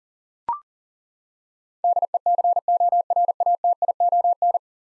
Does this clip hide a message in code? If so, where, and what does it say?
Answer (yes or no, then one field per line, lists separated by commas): yes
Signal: Morse code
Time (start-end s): 1.8-4.6 s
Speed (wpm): 38 wpm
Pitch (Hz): 700 Hz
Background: none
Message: DECORATION